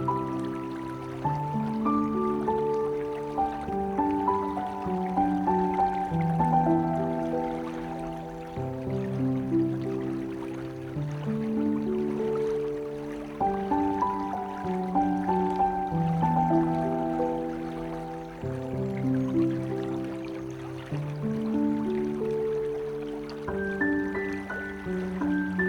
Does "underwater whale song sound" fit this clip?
no